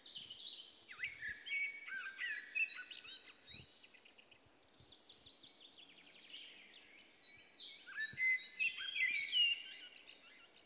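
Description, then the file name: Common blackbird song in two bursts of varied whistled notes and high twittering flourishes, separated by a softer, thinner passage. "Turdus merula"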